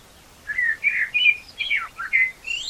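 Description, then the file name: Common blackbird song: a run of rich, fluty warbled phrases around mid pitch, ending in a higher squeaky twitter. "Turdus merula"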